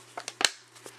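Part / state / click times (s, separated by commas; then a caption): snap button closure on a plastic pen storage sleeve / seated / 0.4 s. A snap button closure on a flexible, vinyl-like plastic sleeve holding gel pens is pressed shut. After two lighter ticks at 0.2 s and 0.3 s, a sharp, bright snap is heard at 0.5 s, followed by a soft rustle near 0.9 s. The snap closure seats firmly.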